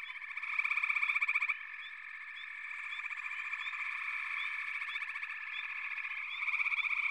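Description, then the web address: Frog chorus with a loud burst of pulsed trilling near the start, then an even buzzing drone with rising chirps every second or so. "The Natural Sounds of the Wilderness 10 CDs collection Echoes of Nature - Sampler 08 Frog Chorus"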